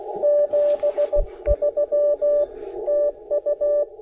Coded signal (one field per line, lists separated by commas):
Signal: Morse code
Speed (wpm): 17 wpm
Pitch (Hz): 590 Hz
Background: radio noise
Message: 73 TU